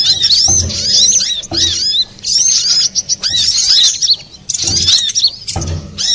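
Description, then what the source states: Piercing little spiderhunter chirps in rapid phrases alternating with short quiet gaps, accompanied by repeated soft low thumps. Master recording for training cage birds; Indonesian name sogok ontong, labelled Labaik.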